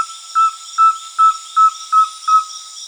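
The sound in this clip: Rusty-belted tapaculo calling: six short, clear whistled notes about every 0.4 seconds, over a steady tone and constant high-pitched background noise.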